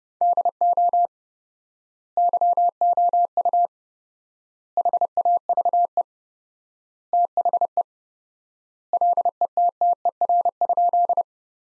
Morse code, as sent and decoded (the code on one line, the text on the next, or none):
-.. --- / -.-- --- ..- / .... .- ...- . / - .... . / .-.. . - - . .-. ..--..
DO YOU HAVE THE LETTER?